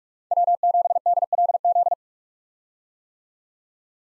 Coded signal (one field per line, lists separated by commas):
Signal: Morse code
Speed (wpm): 43 wpm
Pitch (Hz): 700 Hz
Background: none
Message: W7DLZ